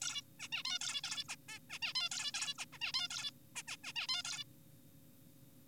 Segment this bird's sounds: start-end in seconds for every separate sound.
0.02-0.22, 0.39-0.48, 0.53-0.63, 0.65-0.79, 0.81-1.01, 1.04-1.24, 1.29-1.36, 1.49-1.59, 1.70-1.79, 1.82-1.93, 1.95-2.09, 2.12-2.32, 2.34-2.54, 2.58-2.65, 2.73-2.79, 2.82-2.92, 2.94-3.08, 3.10-3.31, 3.56-3.63, 3.68-3.77, 3.84-3.92, 3.96-4.07, 4.09-4.22, 4.25-4.44